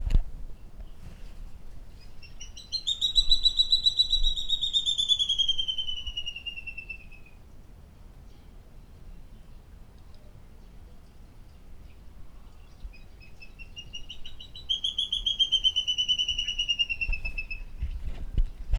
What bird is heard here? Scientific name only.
Burhinus vermiculatus